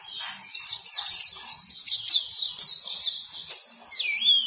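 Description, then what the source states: White-eye song: a fast series of high chirping notes, ending in a clear slurred whistle that dips in pitch. Sweet long song.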